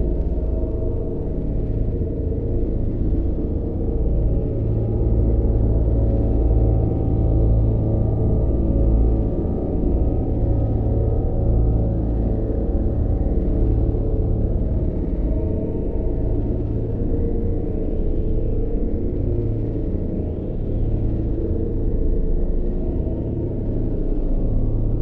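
A steady, heavy space engine hum fills the room, deep and rumbling with a droning ring and faint wavering tones drifting above it.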